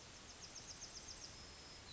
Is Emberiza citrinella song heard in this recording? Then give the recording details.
yes. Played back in forest. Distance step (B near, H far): F. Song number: 018